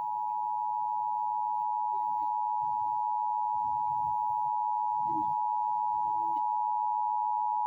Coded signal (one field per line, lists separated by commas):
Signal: Emergency Alert System (SAME) tones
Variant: 853 and 960 Hz attention tone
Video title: EAS 49 CRAIG at Thu May 08 2025 6:37:13 PM